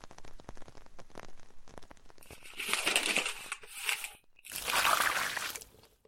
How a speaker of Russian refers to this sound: Даже под льющими с неба струями воды я чувствовала странное удовлетворение. Дождь лил косо, так что струи то и дело попадали под зонт.